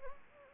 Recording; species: mosquito wingbeat signal from an infrared sensor; Anopheles gambiae